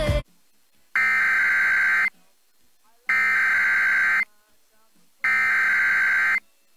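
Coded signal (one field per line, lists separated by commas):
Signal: Emergency Alert System (SAME) tones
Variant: header bursts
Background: speech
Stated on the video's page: NOAA Weather Radio severe thunderstorm and tornado warnings for Iowa, South Dakota and Minnesota storms.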